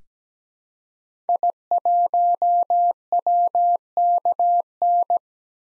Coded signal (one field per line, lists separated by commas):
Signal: Morse code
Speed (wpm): 17 wpm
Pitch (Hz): 700 Hz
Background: none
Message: I1WKN